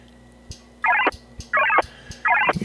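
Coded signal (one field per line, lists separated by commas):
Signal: HF data modem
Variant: VARA FM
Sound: three short warbling data bursts repeating rhythmically, with faint clicks and hum between them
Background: low hum, relay clicks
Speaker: you see the green bar going across here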